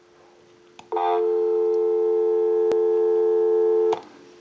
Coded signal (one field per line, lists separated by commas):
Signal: telephone call progress tone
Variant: North America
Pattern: dial tone